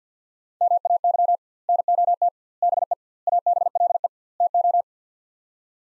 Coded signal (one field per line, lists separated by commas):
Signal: Morse code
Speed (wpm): 48 wpm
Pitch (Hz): 700 Hz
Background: none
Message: MAY NOT BE ABLE TO